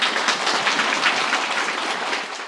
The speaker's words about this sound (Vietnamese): À đúng rồi, các bạn giỏi quá, cho Tràng pháo tay.